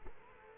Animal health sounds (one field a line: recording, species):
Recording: mosquito wingbeat signal from an infrared sensor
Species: Culex quinquefasciatus